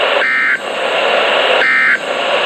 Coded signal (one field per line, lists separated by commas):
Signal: Emergency Alert System (SAME) tones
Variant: end-of-message bursts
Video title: NOAA Weather Radio EAS #295: Severe Thunderstorm Watch #384